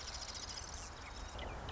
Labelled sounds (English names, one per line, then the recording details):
Marsh Wren
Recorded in Sonoma County, California